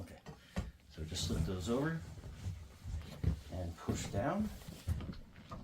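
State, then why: Not seated. Recliner backrest brackets are slipped over the seat-frame posts of a GarveeHome power recliner chair with heat and massage, to be pushed down until the metal latch clicks into place. Someone talks over a few soft handling knocks and taps. Nothing has seated or clicked yet when the clip ends.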